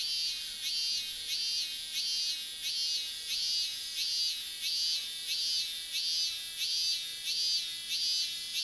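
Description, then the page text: Robust cicada singing a continuous high buzz that swells in regular pulses, strong and even. Song said to sound like 'mi-n'; heard in midsummer. "セミの基礎知識｜記事カテゴリ｜BuNa - Bun-ichi Nature Web Magazine"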